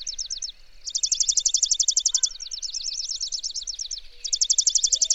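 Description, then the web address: Bird song of very high, rapid buzzy trills, bursts of fast repeated notes broken by brief pauses, with a short lower whistle heard midway. "birdsong 145"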